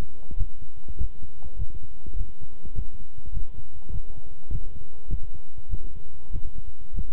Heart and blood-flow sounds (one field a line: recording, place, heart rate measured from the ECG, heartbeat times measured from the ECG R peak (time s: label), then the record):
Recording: heart sounds by stethoscope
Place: between the tricuspid and mitral areas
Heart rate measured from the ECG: 100 bpm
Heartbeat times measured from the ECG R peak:
0.36 s: heartbeat
0.96 s: heartbeat
1.57 s: heartbeat
2.16 s: heartbeat
2.74 s: heartbeat
3.32 s: heartbeat
3.90 s: heartbeat
4.50 s: heartbeat
5.08 s: heartbeat
5.69 s: heartbeat
6.31 s: heartbeat
6.93 s: heartbeat
From the record:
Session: walking at 3.7 km/h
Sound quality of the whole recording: good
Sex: male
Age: 26 years